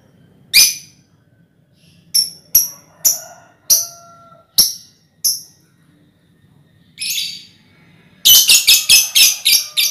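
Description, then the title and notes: Lovebird song of sharp high chirps and short squeaky notes spaced irregularly, ending in a fast burst of harsh chattering notes. Ngekek song, used as a lure song (kicau pancingan). "Master Kicau Lovebird ngekek, kicau pancingan"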